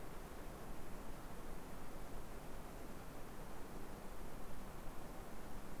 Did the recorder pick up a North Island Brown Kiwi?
no